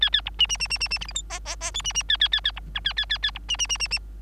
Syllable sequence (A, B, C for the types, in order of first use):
A A B C C C C C C D E F G G G H C C A A A A B I A A A A B C C C C C